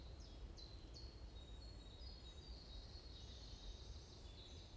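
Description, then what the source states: Bird: a few sharp high chirps, then longer thin trilling notes from birds, with steady low background noise. Morning birds chirping around a forest in Bosvoorde, Watermaal-Bosvoorde, Brussels, Belgium; described as peaceful ('rust'); recorded with an AMBE VR microphone.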